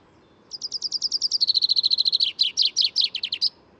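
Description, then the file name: Common chaffinch song: a quick trill of high chipping notes stepping lower, followed by a few slower, stronger notes and a closing flourish, in a quiet background. "Fringilla coelebs"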